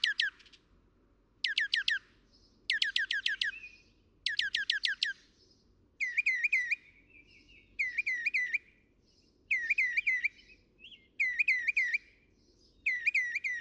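Northern mockingbird song: harsh rasping phrases repeated in bursts, then quick chirpy notes in repeated short groups.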